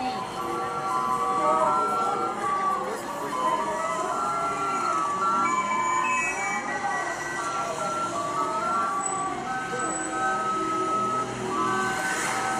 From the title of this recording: Ciudad de México Soundscape